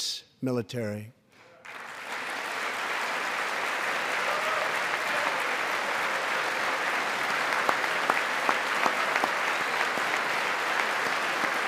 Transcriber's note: applause